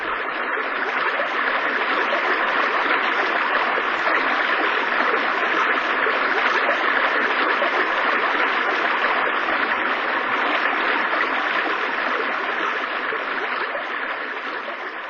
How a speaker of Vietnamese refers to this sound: Ở một nơi nào đó xa xa, dưới sâu kia, là những tia sáng long lánh của bụi nước. Tôi gào lên, nhưng chỉ có tiếng ầm ảo của thác nước tựa như giọng người vọng đến tai tôi.